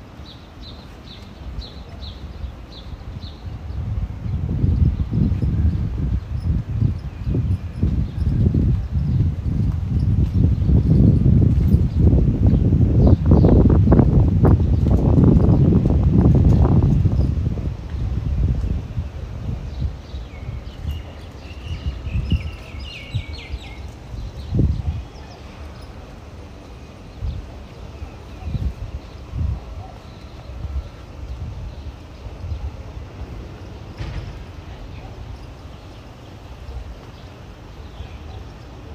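Footsteps on a walk in Ramat Aviv, with a dense low rumble of passing traffic swelling around the middle, then quieter scattered knocks and faint voices.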